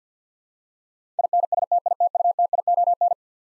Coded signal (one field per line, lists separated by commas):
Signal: Morse code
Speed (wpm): 50 wpm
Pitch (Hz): 700 Hz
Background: none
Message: INSTITUTION